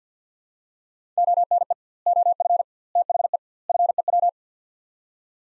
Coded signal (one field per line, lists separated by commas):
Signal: Morse code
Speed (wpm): 50 wpm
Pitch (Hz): 700 Hz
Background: none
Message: ONE OF THE FEW